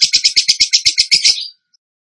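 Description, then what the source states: Bird song: a quick run of about a dozen sharp, high chattering notes in a second and a half, then silence. Training recording (masteran) of a bird singing in the tembakan gacor style.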